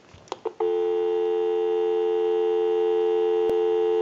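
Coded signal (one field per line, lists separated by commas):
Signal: telephone call progress tone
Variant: North America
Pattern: dial tone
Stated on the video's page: Call progress tone on a Western Electric 302 rotary dial desk telephone during initial checkout and repair.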